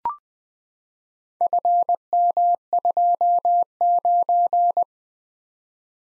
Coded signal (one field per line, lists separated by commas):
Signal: Morse code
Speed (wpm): 20 wpm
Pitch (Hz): 700 Hz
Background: none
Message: FM29